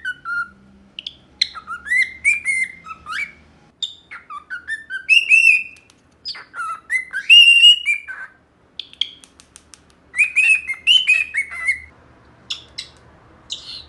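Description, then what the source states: Cockatiel whistled song: clear rising and falling whistles in short phrases separated by brief pauses. Cockatiel song for training a pet cockatiel to sing.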